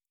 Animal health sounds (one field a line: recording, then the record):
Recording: hydrophone in a shrimp aquaculture tank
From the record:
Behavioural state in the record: normal